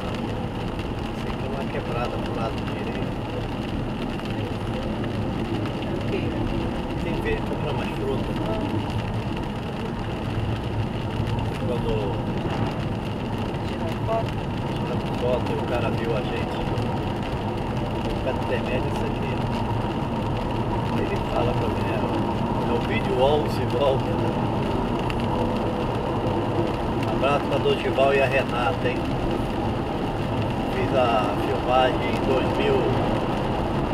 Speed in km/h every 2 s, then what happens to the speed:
77, 78, 76, 75, 76, 77, 81, 86, 91, 94, 97, 100, 103, 106, 109, 110, 110.
0-9 steady at about 76. 9-27 speeds up to 109. 27-34 steady at about 110.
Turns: none.